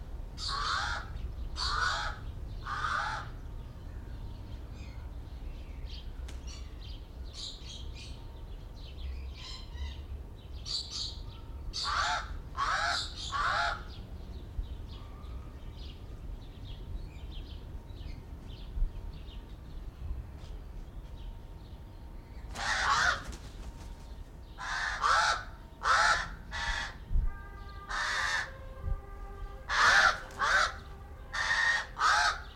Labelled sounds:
Pied Crow (Corvus albus) call
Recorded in captivity
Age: adult
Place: Zoo Berlin, Berlin, DE
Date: 1993-07-17 12:51
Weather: wolkig, 22°C
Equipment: Marantz CP 430, Sennheiser ME 80, Kopie Uher Variocord 263
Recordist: Tembrock, Günter

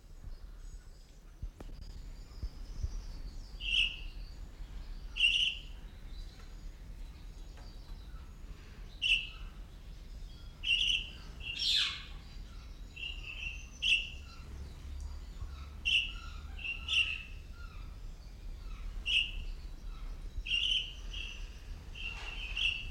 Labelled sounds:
Guira Cuckoo (Guira guira) call
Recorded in captivity
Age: adult
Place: Zoo Berlin, Berlin, DE
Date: 1992-12-25
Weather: heiter, -7°C
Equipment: Marantz CP 430, Sennheiser ME 80, Kopie Uher Variocord 263
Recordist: Tembrock, Günter

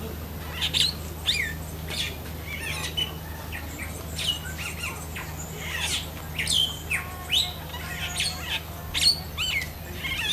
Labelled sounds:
Bronze-tailed Starling (Lamprotornis chalcurus)
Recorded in captivity
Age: adult
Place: Zoo Berlin, Berlin, DE
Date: 2005-07-17 15:27
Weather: fair, 21 - 23°C
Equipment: Sony WM-D6C, Sony ECM-MS 907, Kopie Uher 4000 Report Monitor
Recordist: Tembrock, Günter
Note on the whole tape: Zwei Tiere: Rufe und ein Tier: Gesang

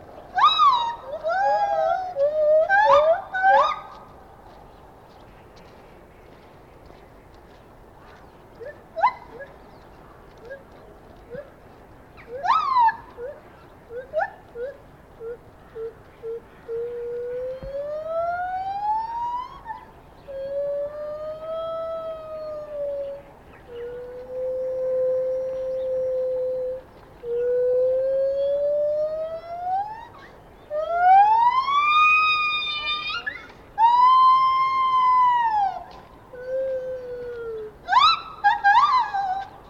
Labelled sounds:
Lar Gibbon (Hylobates lar)
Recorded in captivity
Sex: pair
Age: adult
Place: Tierpark Berlin, Berlin, DE
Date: 1989-12-26
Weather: sonnig, -2°C
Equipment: Sony WM-D6C, Kopie 19 cm
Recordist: Tembrock, Günter

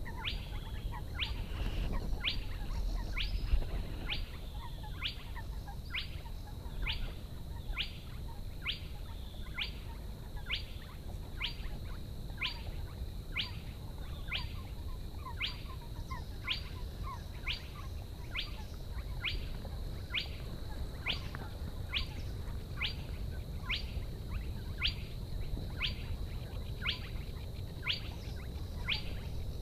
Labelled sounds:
Spotted Crake (Porzana porzana) song
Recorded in the wild
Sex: male
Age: adult
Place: Schwedt/Oder, Nationalpark Unteres Odertal, Brandenburg, DE
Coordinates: 53.1181, 14.3686
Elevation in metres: 1
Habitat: wetland
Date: 2015-04-23 03:28
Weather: clear, 3°C, almost windless
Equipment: Sound Devices 702, Sennheiser MKH 70, Rycote Windschutz
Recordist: Frommolt, Karl-Heinz

